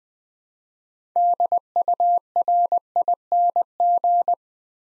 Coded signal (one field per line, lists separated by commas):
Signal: Morse code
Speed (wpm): 20 wpm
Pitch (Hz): 700 Hz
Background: none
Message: DURING